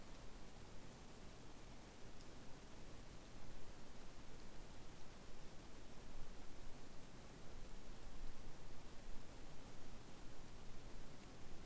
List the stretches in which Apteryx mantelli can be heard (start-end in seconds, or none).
none